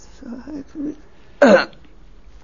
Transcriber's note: she coughs